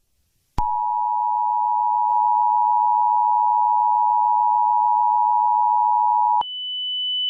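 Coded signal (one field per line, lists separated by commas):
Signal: Emergency Alert System (SAME) tones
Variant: 853 and 960 Hz attention tone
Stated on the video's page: Fictional EAS scenario.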